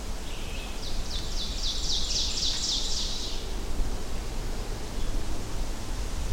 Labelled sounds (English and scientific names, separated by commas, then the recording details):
Ovenbird (Seiurus aurocapilla) song
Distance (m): 30 m
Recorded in boreal forest in Alberta, Canada, on 24 June 2016 at 06:25
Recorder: SongMeter 3, array SBT-6-76
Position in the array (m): 220 m, 94 m
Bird 3